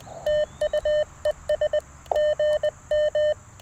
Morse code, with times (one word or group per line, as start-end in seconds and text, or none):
0.3-1.8 TUES
2.2-3.3 GM